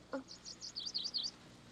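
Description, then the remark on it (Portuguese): A small blue bird chirps softly: a few short, high tweets followed by a quick, warbling run of bright notes, with no talking. “Aquele lindo passarinho azul deixou uma linda titica na sua mão.”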